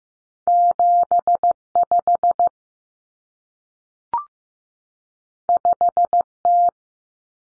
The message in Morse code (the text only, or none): 75 5T